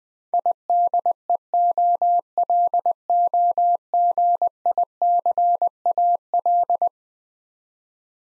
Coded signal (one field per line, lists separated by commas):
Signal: Morse code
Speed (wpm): 20 wpm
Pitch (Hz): 700 Hz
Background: none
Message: IDEOLOGICAL